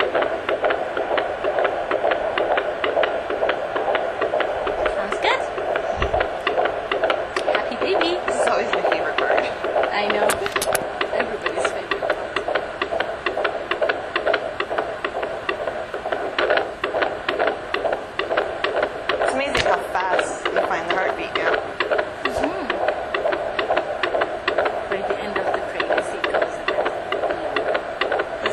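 A baby's heartbeat in the womb, heard through a Doppler device.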